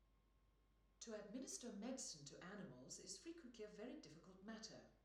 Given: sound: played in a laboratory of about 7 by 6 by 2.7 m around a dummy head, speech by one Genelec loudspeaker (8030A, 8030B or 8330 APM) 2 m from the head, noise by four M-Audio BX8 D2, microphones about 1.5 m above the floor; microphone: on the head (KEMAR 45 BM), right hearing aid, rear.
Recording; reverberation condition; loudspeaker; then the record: female speech in English; medium; behind (180 degrees)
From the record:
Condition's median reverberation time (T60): about 510 ms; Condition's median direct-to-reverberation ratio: about -0.5 dB